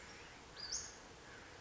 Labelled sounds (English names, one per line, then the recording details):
Western Flycatcher
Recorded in Sonoma County, California